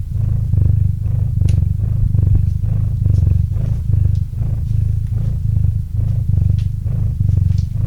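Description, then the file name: Domestic cat purring, loud and deep, a vibrating rumble rising and falling with each breath in regular pulses, with a few faint clicks. Cat named Murchik purring into a microphone. "Kot Murchik - Murchanie kota kot murchal v mikrofon"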